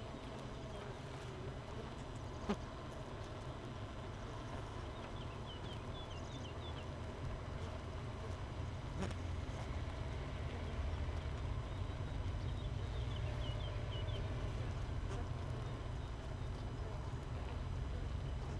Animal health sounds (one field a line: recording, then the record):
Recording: honeybee colony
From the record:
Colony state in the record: missing queen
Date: 31 May 2018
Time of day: 5:44